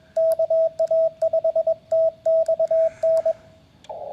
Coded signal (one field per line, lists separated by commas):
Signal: Morse code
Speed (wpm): 22 wpm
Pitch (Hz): 660 Hz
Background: radio noise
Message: KA5TXN